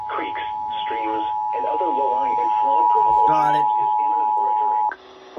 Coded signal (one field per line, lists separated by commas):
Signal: Emergency Alert System (SAME) tones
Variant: 853 and 960 Hz attention tone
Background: speech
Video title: EAS 408-409 PBZ FLOOD WARNING